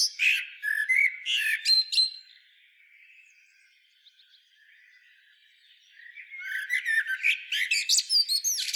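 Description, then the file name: Common blackbird with a short flurry of harsh squeaks, a long soft scratchy stretch, then a renewed series of rapid high chattering notes. "Turdus merula"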